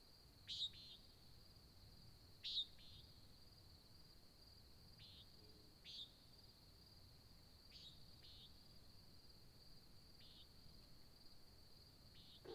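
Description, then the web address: Nighthawk-type buzzy peents, two clear calls then several fainter ones at irregular gaps, under a constant high insect drone. Nighthawk competition, Oregon desert, USA, at dawn, July 2017. "Discover Oregon - American Desert Birds Nighthawk 2017 Sutton July Dawn Nighthawk Competition"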